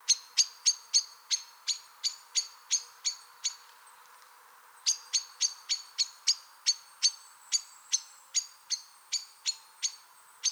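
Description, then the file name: Common blackbird giving sharp, metallic chink calls in a fast series, with a pause around the fourth second before the series resumes. "Turdus merula"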